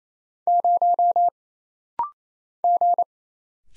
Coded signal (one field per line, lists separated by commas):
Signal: Morse code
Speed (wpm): 27 wpm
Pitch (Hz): 700 Hz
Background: none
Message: 0 G